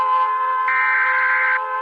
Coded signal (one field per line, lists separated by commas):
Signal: Emergency Alert System (SAME) tones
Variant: header bursts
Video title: Eas alarm animated s2e8